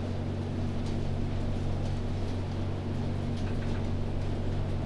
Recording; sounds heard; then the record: poultry house recording; no chicken sound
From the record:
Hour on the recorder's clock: 21